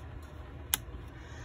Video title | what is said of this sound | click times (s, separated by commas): Mini Paper Pumpkin Boxes - Which is your favorite? | so the first thing i'm going to do is bring in my little side tabs and then my side flaps and you're going to hear two clicks and | 0.7 s